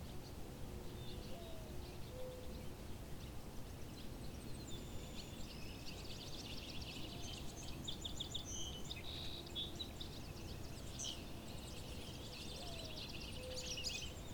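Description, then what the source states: Barn swallows give scattered high twittering chirps that gather into busier bursts midway, over steady low rumbling background noise and occasional soft whistled notes. Several barn swallows at a pond.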